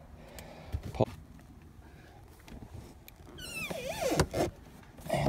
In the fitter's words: it locks in place and voila you've got a third row seat